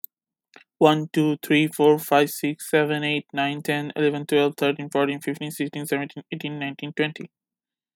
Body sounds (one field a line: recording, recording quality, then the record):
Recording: counting at a fast pace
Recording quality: excellent, no background noise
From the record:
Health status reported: healthy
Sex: male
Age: 28 years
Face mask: not worn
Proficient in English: yes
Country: United States